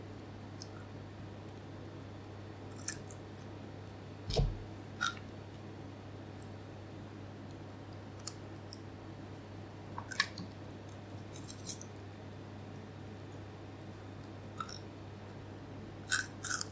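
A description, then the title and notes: Someone eats chicken wings, with sparse wet smacks and clicks over a steady low hum, clustering near 4, 10 and 16 seconds. Eating chicken wings. Cooked chicken wings by air fryer, very tasty.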